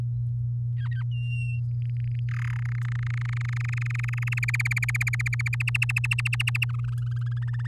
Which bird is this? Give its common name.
Domestic Canary